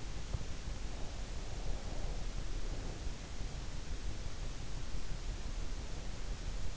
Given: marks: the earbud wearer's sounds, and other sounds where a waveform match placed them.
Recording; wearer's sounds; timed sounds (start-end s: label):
sounds in sleep by an in-ear microphone; breath
0.13-3.16 s: breath